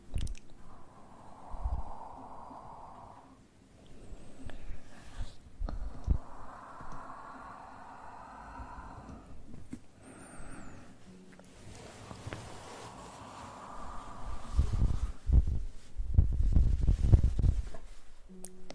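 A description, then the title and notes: Ear eating: bursts of soft, wet munching and rustling in the mid range, with short gaps and heavier low thumps near the end. Relaxing Ear Eating.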